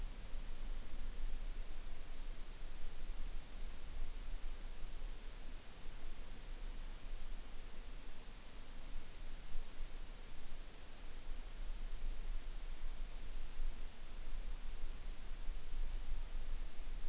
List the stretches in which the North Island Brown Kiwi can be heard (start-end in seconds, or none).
none